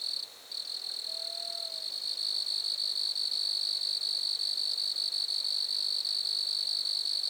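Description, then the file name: Grasshopper trill: a high continuous buzz that breaks off briefly at the start, then runs steadily; a faint, soft whistle sounds once in the background. Grasshoppers recorded at Lac-à-François, Montcerf-Lytton, Quebec, Canada. "criquets-grasshoppers- -lac-acc 80-franccca 7 ois-montcerf-lytton-quecc 81 bec-canada"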